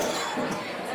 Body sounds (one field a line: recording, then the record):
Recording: coughing mixed with background sound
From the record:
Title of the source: Spring Cold Coughing 3